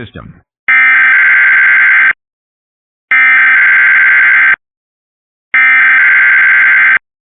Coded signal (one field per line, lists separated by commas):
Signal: Emergency Alert System (SAME) tones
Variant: header bursts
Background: speech